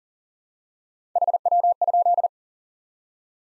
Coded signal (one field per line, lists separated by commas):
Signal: Morse code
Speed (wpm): 40 wpm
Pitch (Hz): 700 Hz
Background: none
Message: HW?